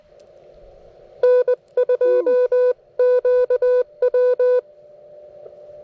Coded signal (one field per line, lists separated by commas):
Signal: Morse code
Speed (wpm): 20 wpm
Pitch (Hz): 500 Hz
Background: none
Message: N2QW